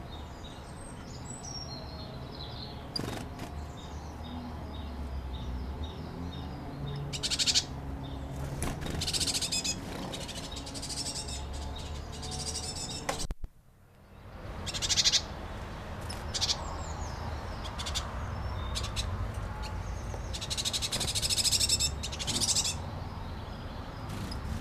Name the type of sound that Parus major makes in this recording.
begging call